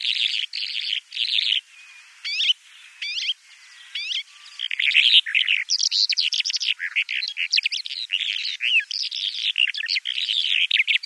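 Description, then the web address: Bimaculated lark song starting with scattered chirps and thin whistles, then building into a dense, rapid jumble of twittering and buzzy notes. "Schulze Peter Bimaculated Lark song"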